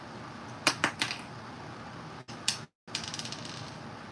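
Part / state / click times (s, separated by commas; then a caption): plastic building brick or part onto the toy build / seated / 0.7 s, 2.5 s. A plastic building-kit part, likely from a Lego set, is pressed onto a toy build, with sharp plastic clicks at 0.7 s and 2.5 s. Smaller clicks and taps follow at about 0.8, 1.0, 1.1 and 3.0 s, and the sound briefly drops out around 2.3 s and 2.7–2.9 s. The part clicks into place and seats.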